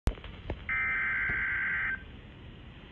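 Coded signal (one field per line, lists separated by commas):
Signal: Emergency Alert System (SAME) tones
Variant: header bursts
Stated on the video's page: Received on Midland WR400, WR120EZ and ER310 weather radios from NOAA Weather Radio stations; reception of one station was poor.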